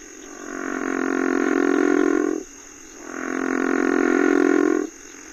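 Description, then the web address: River frog giving two long, deep, snoring grunts, each lasting about two seconds, separated by a short pause. Frog of North America. "Songs of Frogs Toads of North America. River Frog"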